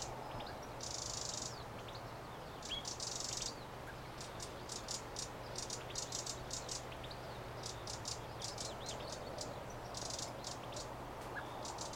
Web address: pub SETE data Troglodytes troglodytes